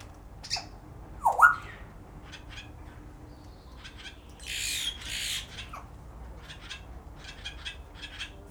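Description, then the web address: Grey parrot giving a sharp falling-then-rising whistle early, scattered clicks, then a longer rough squawking burst and a run of quick ticking notes. Captive bird at a zoo in Szeged, recorded in 2011. "allathangok 2011 jakopapagaj jako csoricse"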